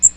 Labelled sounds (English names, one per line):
Magnolia Warbler flight call